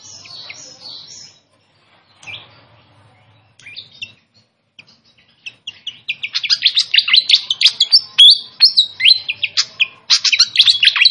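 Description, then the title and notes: Pied fantail song: a few scattered high notes, then a sustained burst of rapid, squeaky chirps and short whistles in quick succession. Masteran training audio with a clear voice. "Masteran Sikatan Kipas Suara Jernih Dan Suara Gemericik Air. Suara Burung Sikatan Londo"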